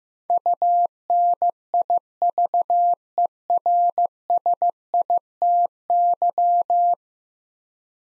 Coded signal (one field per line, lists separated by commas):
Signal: Morse code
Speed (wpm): 15 wpm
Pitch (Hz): 700 Hz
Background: none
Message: UNIVERSITY